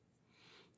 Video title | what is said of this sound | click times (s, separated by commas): How to Make a Stunning Hexagonal Pondo Stitch Lace Ring | So you might have to pull a little bit till you hear a pop. | 0.7 s